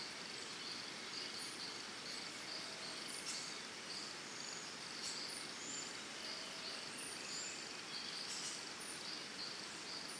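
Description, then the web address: Crickets trilling continuously in a dense high-pitched drone, punctuated by repeated brief bird chirps and sharp high notes throughout. Early morning in Costa Rica, forest or jungle, crickets with birds. "Big Room Sound Birds Crickets Costa Rica"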